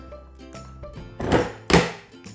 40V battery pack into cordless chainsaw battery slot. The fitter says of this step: กดลงไปให้ได้ยินเสียงดังแกร๊กนะครับ